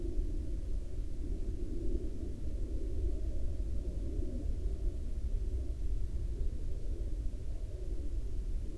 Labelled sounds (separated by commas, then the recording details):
aircraft
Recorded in the Prudhoe Bay oil fields, Alaska, on 19 July 2019 at 14:21
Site 17